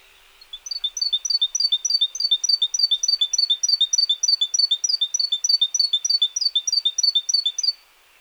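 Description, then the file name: Great tit song, one long unbroken run of quick high descending three-note phrases lasting about seven seconds, then silence. "Parus major"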